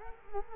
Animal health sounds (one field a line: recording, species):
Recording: mosquito wingbeat signal from an infrared sensor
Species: Culex quinquefasciatus